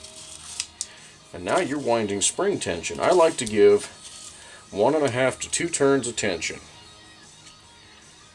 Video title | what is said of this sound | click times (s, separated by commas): Homelite Super XL-925 Starter Service | Drop it in there, rotate until it snaps down, | 0.8 s